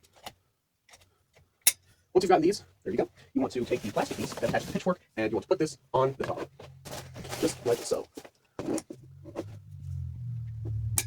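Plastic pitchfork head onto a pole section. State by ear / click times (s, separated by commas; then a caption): seated / 11.0 s. A plastic pitchfork head is pushed onto the top of a pole section while someone talks, with scattered light handling taps and a sharp tap at 1.7 s. The head snaps into place with a loud, short click at 11.0 s, seating the pitchfork head on the pole.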